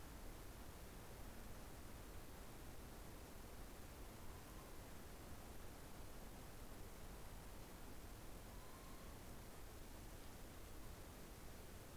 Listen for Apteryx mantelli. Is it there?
no